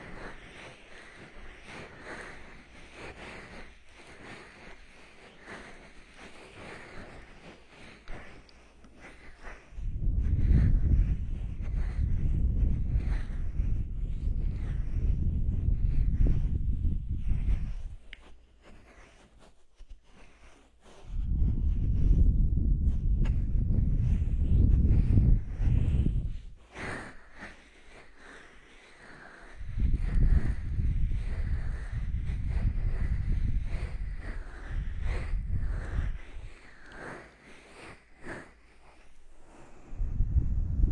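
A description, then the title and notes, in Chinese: Rubbing sounds come in three long, dense, low rumbling bursts of about six to eight seconds, separated by quieter stretches with faint scratchy detail. 揉搓、放松你的耳朵。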